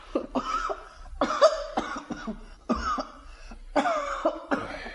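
A child coughs repeatedly in harsh, throaty bursts, several in a row with short gasping breaths between them, a cough caused by lead from helping in a workshop. The coughs are fairly loud and have a voiced, higher-pitched edge.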